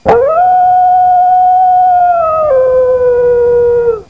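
Wolf giving one long, steady, mournful howl that holds its pitch, then drops to a lower note halfway through and fades out.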